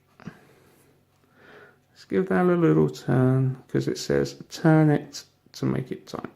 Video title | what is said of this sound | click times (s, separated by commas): Build The Back To The Future Delorean: Issue 4 - From Eaglemoss | This time, there's a little click. | 0.2 s